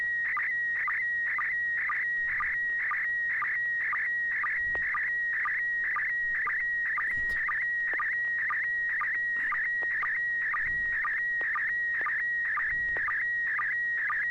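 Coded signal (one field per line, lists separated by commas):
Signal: SSTV (slow-scan television)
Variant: PD120 mode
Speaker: this is PD [Music] 120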